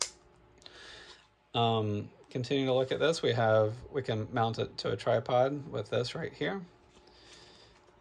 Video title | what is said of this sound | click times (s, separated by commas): Time Based Media: Canon XC10 Camera | And then you just pop it in by just, you should hear a click right there. | 0.0 s